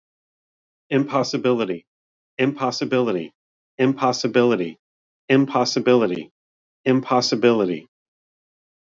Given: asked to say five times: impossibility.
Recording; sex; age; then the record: repeated word; male; 40 to 49 years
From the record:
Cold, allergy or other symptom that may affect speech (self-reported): no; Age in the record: 49 years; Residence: Arizona, United States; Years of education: 14